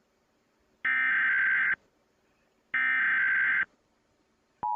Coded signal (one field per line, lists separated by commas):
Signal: Emergency Alert System (SAME) tones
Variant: header bursts